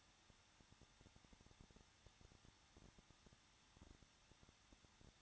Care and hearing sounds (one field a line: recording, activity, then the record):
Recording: daily activity, microphone in the room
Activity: no activity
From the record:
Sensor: 3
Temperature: 21.2 degrees Celsius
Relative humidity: 36.4%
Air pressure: 1006.3 hPa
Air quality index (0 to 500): 223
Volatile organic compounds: 42 ppm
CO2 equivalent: 3184 ppm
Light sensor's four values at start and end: 2/3/2/2 and 2/3/2/2